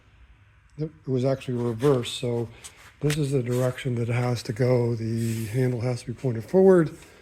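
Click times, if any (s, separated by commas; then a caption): none. Someone talks while handling the restored original steel emergency brake handle of a 1932 roadster, which has been reversed so it points forward, with faint rubbing and handling sounds under the speech. Nothing has seated or clicked yet: the ratchet clicker has not engaged into place, and the sandblasted, cleaned spring inside is a little sticky.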